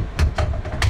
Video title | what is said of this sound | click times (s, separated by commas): 65mm 2.5" & 4" Nighthawk Installation Video | Put the bottom on, brush rings will click in, and | 0.2 s, 0.4 s, 0.8 s